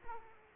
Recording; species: mosquito wingbeat signal from an infrared sensor; Aedes aegypti